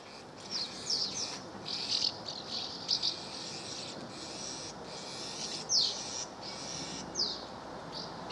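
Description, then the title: Swallows giving short, sharp twittering chirps, scattered high notes over a steady hiss of background noise. Recorded in Villefranche-du-Périgord, France. "1 Rue Notre Dame, Villefranche-du-Périgord, France - Swallows - Hirondelles"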